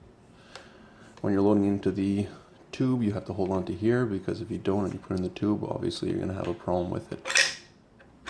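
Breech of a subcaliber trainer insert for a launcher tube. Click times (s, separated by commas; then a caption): 0.6 s. The breech of a Czech VH 7 subcaliber trainer insert for a launcher tube is rotated into position and pushed closed, giving a single short metallic hit at 0.6 s as it locks into place. Someone then talks for the rest of the clip, and a brief sharp sound comes at the very end.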